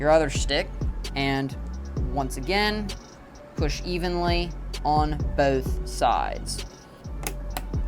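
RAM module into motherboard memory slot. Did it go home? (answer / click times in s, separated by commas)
yes / 7.3 s, 7.6 s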